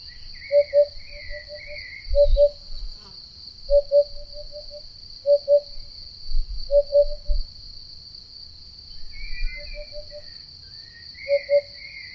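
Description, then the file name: Eurasian hoopoe song: soft low hooting notes in small groups, repeated several times, over a steady high insect drone. "Chant-de-la-Huppe-fasciée-Upupa-Epops"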